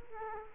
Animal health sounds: mosquito wingbeat signal from an infrared sensor; Culex quinquefasciatus

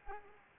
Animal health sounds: mosquito wingbeat signal from an infrared sensor; Culex pipiens

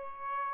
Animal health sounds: mosquito wingbeat signal from an infrared sensor; Aedes albopictus

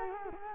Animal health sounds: mosquito wingbeat signal from an infrared sensor; Culex quinquefasciatus

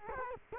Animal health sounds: mosquito wingbeat signal from an infrared sensor; Culex quinquefasciatus

